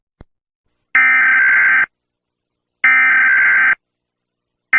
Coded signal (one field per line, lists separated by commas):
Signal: Emergency Alert System (SAME) tones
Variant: header bursts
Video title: Emergency Alert System-Funny Bunny